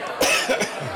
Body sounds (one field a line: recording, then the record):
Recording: coughing mixed with background sound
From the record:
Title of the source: Dry Afternoon Cough